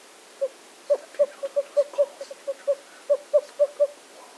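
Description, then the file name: Western screech owl giving a long, uneven series of short low hoots. Recorded 13 March 2008. "WESOwl 2008-3-13 short 1 by Andrew Spencer"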